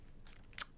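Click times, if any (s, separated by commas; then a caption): 0.3 s, 0.5 s, 0.6 s. A pry tool is worked around the edge of the plastic back cover on an Amazon Kindle Model D00901 e-reader, releasing the snap clips that hold it to the body. Clicks sound at 0.3, 0.5 and 0.6 seconds, the last being the loudest and sharpest. The back cover clips unclip and release.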